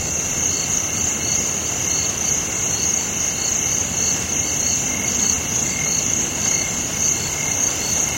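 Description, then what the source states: Insects droning in a dense, steady high-pitched chorus of continuous buzzing tones, unbroken throughout, over a constant hiss. Tropical forest insects.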